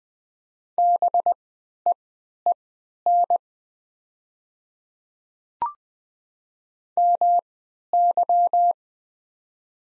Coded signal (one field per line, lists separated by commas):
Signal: Morse code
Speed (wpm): 20 wpm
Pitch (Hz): 700 Hz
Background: none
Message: BEEN MY